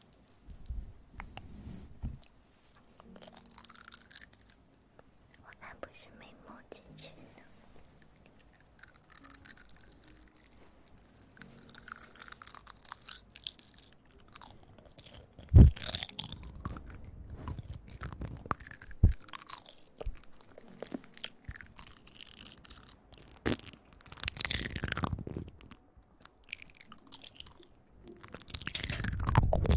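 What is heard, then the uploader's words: Ear eating: wet, crunchy chewing and mouth sounds come in irregular bursts, with quiet gaps between them. A sharp low thump stands out around 15 seconds, and the mouth sounds grow louder and denser toward the end. Relaxing Ear Eating.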